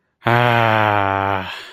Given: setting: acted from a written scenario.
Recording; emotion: vocal sound without words; ecstasy